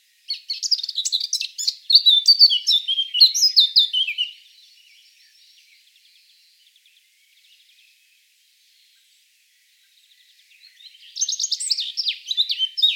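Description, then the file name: Eurasian blackcap singing a fast, jumbled warble of high, varied notes for about four seconds, then a few faint notes and a long pause, then another burst of scratchy warbling. "Sylvia atricapilla"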